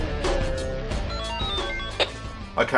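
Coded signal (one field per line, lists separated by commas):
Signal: none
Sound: intro music beeps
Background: speech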